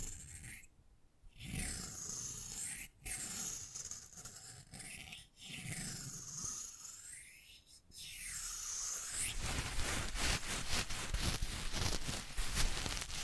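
ASMR triggers that change abruptly. For about nine seconds, slow swishing strokes rise and fall in pitch, each lasting a couple of seconds with short pauses between them. Then the sound switches to a louder, dense run of fast crackly scratching and tapping.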